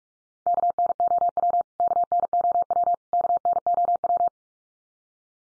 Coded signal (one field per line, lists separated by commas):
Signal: Morse code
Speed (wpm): 44 wpm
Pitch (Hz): 700 Hz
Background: none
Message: KNOW KNOW KNOW